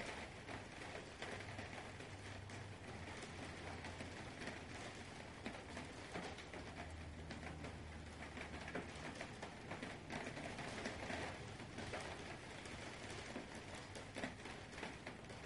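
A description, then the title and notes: Steady, dense rain hisses evenly across the whole stretch, with no gaps or swells. A low, soft rumble rolls underneath, once early and again around the middle, like far-off thunder. The level stays constant throughout. 8 hours of uninterrupted nighttime storms and showers. Rain rhythms and distant thunder.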